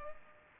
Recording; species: mosquito wingbeat signal from an infrared sensor; Culex pipiens